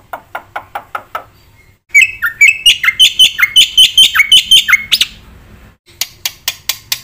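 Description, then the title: Black-winged myna song: spaced clicks, then a quick series of whistled, downslurred notes about four per second, followed by brief crisp ticks. Vigorous, fast-filled song of a white myna. "Burung Jalak Putih Gacor Full Isian Cepat"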